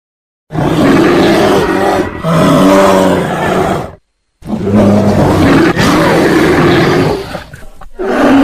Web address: ayi sesi ayi kukremesi dikkat korkmayin. boz ayi